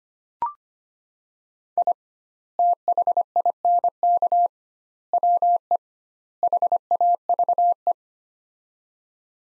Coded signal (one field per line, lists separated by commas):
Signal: Morse code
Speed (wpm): 25 wpm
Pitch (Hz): 700 Hz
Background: none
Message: I THINK WE HAVE